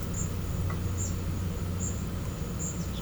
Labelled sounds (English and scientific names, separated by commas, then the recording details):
none
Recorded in pastures near Puerto Asís, Putumayo, Colombia, on 20 December 2024 at 13:30
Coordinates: 0.505, -76.324
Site G063